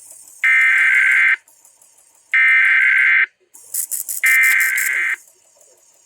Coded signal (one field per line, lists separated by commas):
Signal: Emergency Alert System (SAME) tones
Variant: header bursts